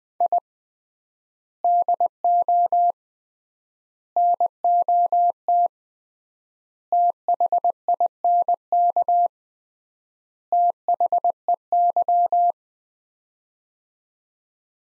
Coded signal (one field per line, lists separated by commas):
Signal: Morse code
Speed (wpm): 20 wpm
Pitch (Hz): 700 Hz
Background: none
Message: I DO NOT THINK THEY